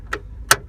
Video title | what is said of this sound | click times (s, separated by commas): How to install LED's - 2015 Honda Civic Si | and then the other side will click in just like that | 0.5 s